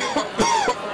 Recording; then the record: coughing mixed with background sound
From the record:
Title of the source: Dry Coughing Fit in the Afternoon.